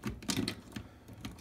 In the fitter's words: make it snaps into place